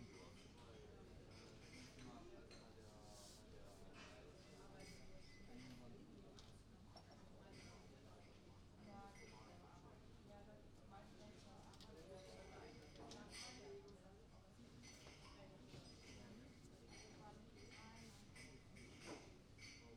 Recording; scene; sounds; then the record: everyday scene through a hearing-aid microphone; many people talking; many voices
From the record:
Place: university cafeteria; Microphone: in the ear canal, right